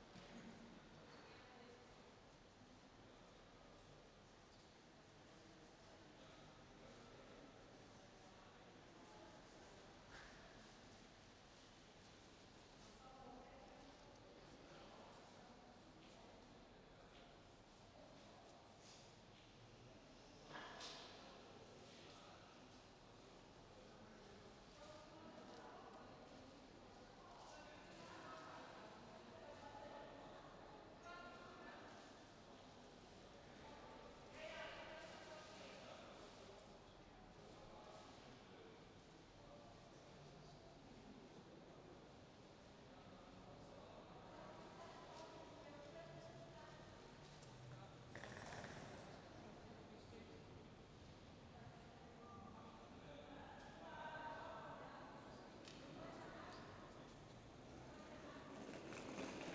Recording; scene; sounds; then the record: everyday scene through a hearing-aid microphone; reverberant space; background noise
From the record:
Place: railway station hall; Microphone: in the ear canal, left